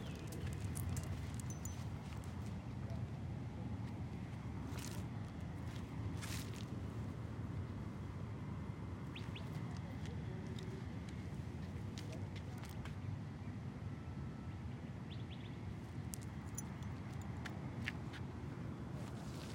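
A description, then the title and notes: A night walk through a Phoenix neighborhood, with a steady low rumble of traffic filling the whole stretch. Brief sharp clicks and scuffs pop up every few seconds, notably near five and six seconds and again toward the end, over faint murmuring voices. Walking the dog at night through my neighborhood in Phoenix Arizona. Join me and my dog on a cool evening walk around our neighborhood.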